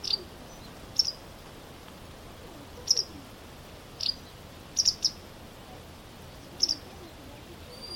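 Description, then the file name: White wagtail giving high, clipped chirps, some single and some quick doubles, repeated roughly every second or two over faint background hiss. "vastarakki"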